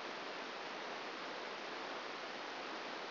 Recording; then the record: brain microelectrode recording played as sound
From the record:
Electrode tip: outside the subthalamic nucleus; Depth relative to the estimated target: 4 mm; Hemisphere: left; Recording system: AlphaMap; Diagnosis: Parkinson's disease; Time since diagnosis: 9 years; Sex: male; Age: 68 years